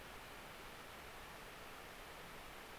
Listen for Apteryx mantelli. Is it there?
no